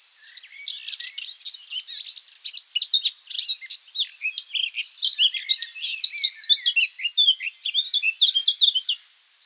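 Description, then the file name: Eurasian blackcap song, a continuous fast jumble of scratchy and fluty notes. "Sylvia atricapilla"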